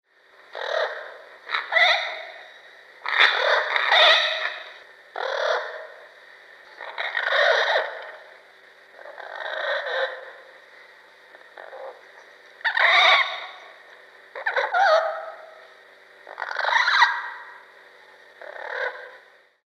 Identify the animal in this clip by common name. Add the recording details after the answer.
St. Lucia Amazon. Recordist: Tembrock, Günter. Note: Rufe eines Paares